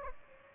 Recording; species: mosquito wingbeat signal from an infrared sensor; Aedes aegypti